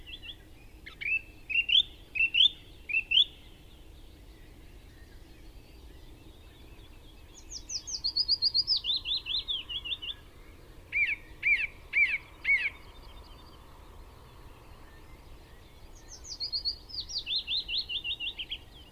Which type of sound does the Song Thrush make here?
song